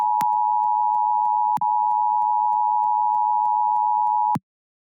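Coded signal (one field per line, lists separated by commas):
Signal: Emergency Alert System (SAME) tones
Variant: 853 and 960 Hz attention tone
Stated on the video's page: Severe Thunderstorm Warning tones recorded from Windows 11 Pro.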